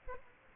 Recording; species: mosquito wingbeat signal from an infrared sensor; Aedes aegypti